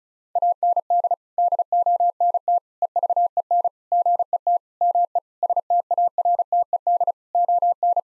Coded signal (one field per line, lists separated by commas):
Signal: Morse code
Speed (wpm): 34 wpm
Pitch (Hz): 700 Hz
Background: none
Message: AND DONT EVEN GET ME STARTED ON